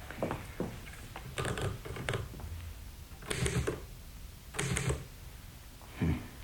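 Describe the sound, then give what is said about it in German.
Typewriter typing: uneven bursts of sharp mechanical clacks, with short pauses between keystrokes and a few louder, longer rattling strikes. “Die Schreibmaschine.”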